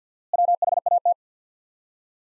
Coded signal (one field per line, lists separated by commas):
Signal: Morse code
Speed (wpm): 50 wpm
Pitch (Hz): 700 Hz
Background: none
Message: WHAT